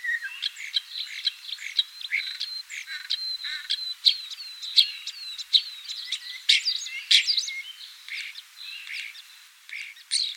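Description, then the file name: Common starling song: a steady, crowded chatter of clicks, squeaks and thin whistles, with sharp accented notes scattered throughout. "Skvorec obyknovennyj Sturnus vulgaris"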